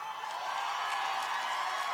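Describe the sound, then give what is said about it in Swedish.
A live audience cheers in a steady, continuous roar as performers appear behind a piano, a dense wash of many voices blending together with faint whoops rising now and then, holding the same loudness for the whole two seconds. “Lyssna på publiken.”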